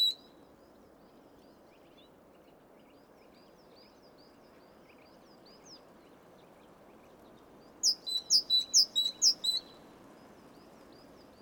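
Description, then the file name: Great tit: faint scattered high notes over hiss for several seconds, then a loud, rapid series of high-low two-note phrases near the end. "Parus major"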